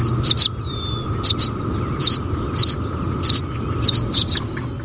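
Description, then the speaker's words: Tree swallow chitter calls: several short paired high twittering notes over steady background noise. Tree swallows flying over an open field while feeding, giving chitter calls, talking to each other. "So what I'm playing for you is the first call is just tree swallows flying over an open field feeding."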